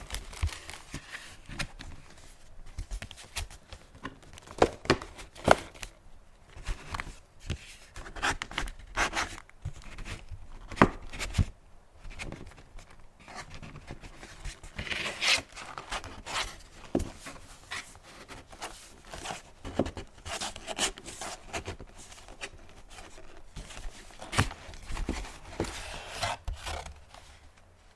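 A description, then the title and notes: Hair being handled and brushed, with dense, irregular scratchy strokes and rustles crowding one another throughout. Sharper, louder brushes stand out around 5 and 11 seconds. ASMR HEAHAIR Wig Review Hair Play & Hair Brushing.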